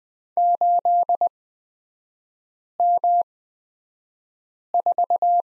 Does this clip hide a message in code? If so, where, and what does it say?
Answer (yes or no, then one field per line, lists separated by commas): yes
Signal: Morse code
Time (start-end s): 0.4-5.4 s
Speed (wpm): 20 wpm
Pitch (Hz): 700 Hz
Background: none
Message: 8M4